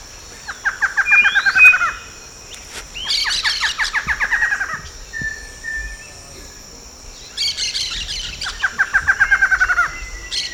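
Bird song in loud bursts: fast descending trills of repeated notes, a brief whistle, and high jumbled twitters, separated by short quiet gaps.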